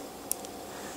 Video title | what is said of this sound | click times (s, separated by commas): Use Your GoPro Hero 3/3+ Camera | hear it click and it'll be in there you can then close this up | 0.3 s